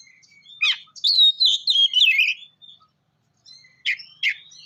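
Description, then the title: Oriental magpie-robin song: a sharp chirp, then a run of warbled whistled notes, a pause, and two more sharp calls. "kacer"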